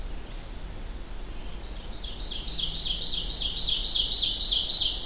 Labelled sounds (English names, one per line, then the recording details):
Ovenbird song
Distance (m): 20 m
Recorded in boreal forest in Alberta, Canada, on 25 June 2016 at 07:49
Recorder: SongMeter 3, array SBT-6-76
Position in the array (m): 301 m, 78 m
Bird 1